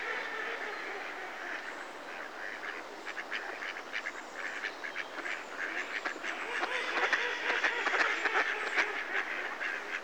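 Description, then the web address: Mallard quacks, a busy series of nasal quacks from several ducks that grows louder toward the end. Mallard calls, close perspective. "The BBC Sound Effects Library. Mallard (Anas Platyrhynchos)"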